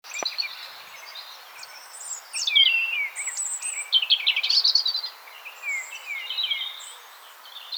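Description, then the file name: European robin song of sweet, high warbles: thin descending slurs, fast trilled notes and wavering whistles in varied phrases over faint background hiss. "Erithacus rubecula"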